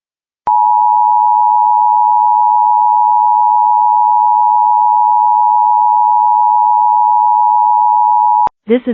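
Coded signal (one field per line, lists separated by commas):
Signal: Emergency Alert System (SAME) tones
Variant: 853 and 960 Hz attention tone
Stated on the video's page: Arizona Required Monthly Test.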